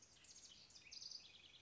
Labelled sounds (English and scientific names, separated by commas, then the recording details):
House Wren (Troglodytes aedon)
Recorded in Sonoma County, California